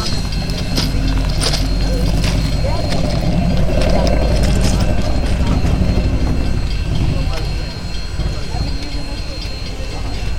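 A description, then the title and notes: Big Boy steam locomotive 844 rumbles steadily, a dense low churning roar with clanking and hissing bursts, while voices talk throughout. 844 Big Boy, Pacific, MO. A stereo field recording from October 2016 in Pacific, Missouri. 844 approaching, sitting and then leaving, was made at the intersection of First Street and the train tracks.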